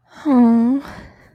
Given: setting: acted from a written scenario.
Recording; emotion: vocal sound without words; guilt